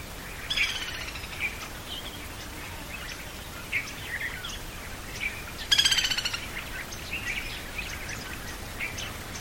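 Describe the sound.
White-headed jungle babbler harsh calls, two loud rasping bursts separated by about five seconds of softer squeaky chatter, with steady hiss behind.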